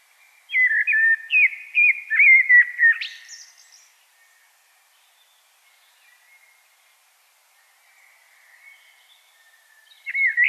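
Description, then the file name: Common blackbird song: a rich, fluty warbled phrase with a thin high twitter at its end, then a long quiet pause before another phrase begins. "Turdus merula"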